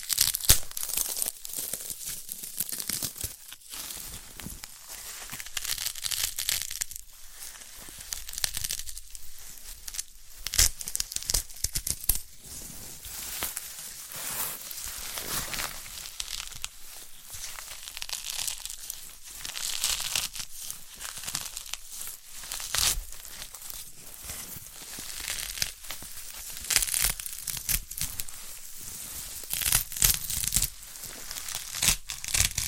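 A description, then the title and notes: Handling a sprouted coconut for ASMR: crisp, dry crackling and scratching that sounds like fibrous husk being torn and crumpled. The rustle is bright and continuous for the whole clip, with irregular louder bursts and only brief lulls, and little low sound beneath it. ASMR of a Sprouted Coconut (No Talking).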